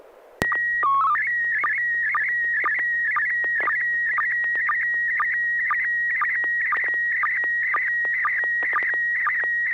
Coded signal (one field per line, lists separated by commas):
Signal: SSTV (slow-scan television)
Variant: PD 120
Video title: N6NA SSTV Net - 05/12/2021